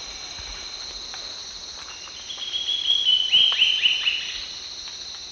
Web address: Natures Songs S America Eastern Lowlands. Sclerurus caudacutus, 2 song types